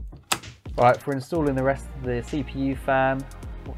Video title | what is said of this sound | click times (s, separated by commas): How To Build a PC 2022 - Step by Step | second one down so that'll make like a satisfying click when you install it | 0.3 s